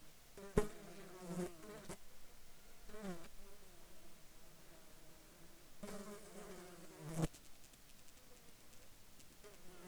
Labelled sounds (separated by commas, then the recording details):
insects
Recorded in Ivvavik National Park, Yukon, on 4 July 2019 at 21:20
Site SINP03